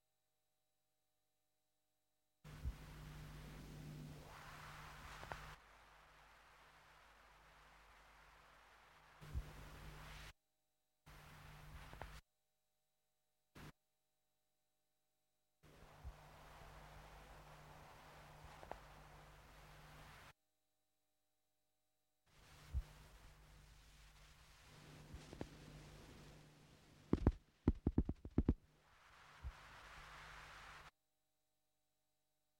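Experimental electronic tape loop with low frequency tape noise, made of blocks of hiss and a steady low hum that start and stop abruptly, separated by dead silence. A brief blip sits near 13 seconds, and a cluster of sharp clicks and bursts arrives around 27–29 seconds.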